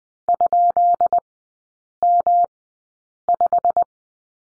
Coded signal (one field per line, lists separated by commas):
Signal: Morse code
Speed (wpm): 20 wpm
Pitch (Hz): 700 Hz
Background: none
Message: ?M5